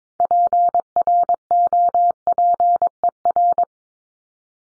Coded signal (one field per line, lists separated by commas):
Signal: Morse code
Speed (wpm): 22 wpm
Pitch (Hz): 700 Hz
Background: none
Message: PROPER